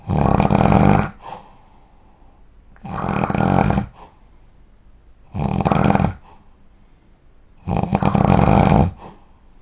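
Four loud, low, rattling snores about a second each, roughly 25 per minute, with quiet breaths between.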